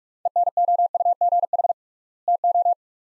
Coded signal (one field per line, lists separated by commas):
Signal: Morse code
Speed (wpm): 47 wpm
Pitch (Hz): 700 Hz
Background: none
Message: ENOUGH TO